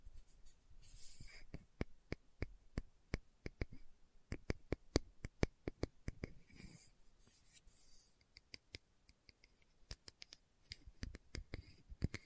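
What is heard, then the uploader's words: Slow tapping, sharp dry clicks arriving a few times per second at an uneven, unhurried pace, some landing harder than others. Soft brushing or rustling swells in at about one second, near seven seconds and around eight seconds. ASMR Slow Tapping for Deep Sleep (No Talking).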